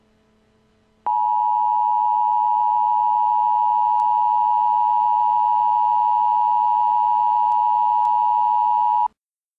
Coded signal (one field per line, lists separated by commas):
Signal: Emergency Alert System (SAME) tones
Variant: 853 and 960 Hz attention tone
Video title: Flash Flood Warning: New York City (7/28/12)